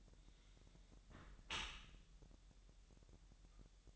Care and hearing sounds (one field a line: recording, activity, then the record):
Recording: daily activity, microphone in the room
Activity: close dishwasher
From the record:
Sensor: 3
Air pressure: 1000.4 hPa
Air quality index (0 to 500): 247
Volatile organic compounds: 170 ppm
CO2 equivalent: 4106 ppm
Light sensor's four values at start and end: 10/24/10/9 and 10/24/10/10